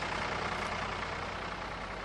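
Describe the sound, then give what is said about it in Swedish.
A tractor engine rumbles steadily as it drives off to fetch hay, with a deep, throbbing low drone and broad mechanical noise, its loudness easing only slightly toward the end. No voices. “Ja, så de blir rädda för traktorn.”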